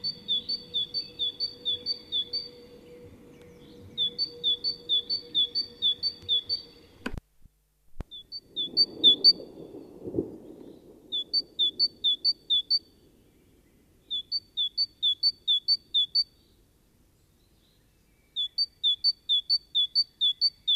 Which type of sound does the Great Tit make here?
song